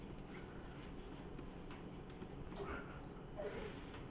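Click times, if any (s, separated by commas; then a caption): none. Someone pushes a dishwasher door shut against the dishwasher body, and a soft hit at about 2.6 seconds dies away slowly over a steady background hiss. The door latch fails to catch, and nothing has clicked yet.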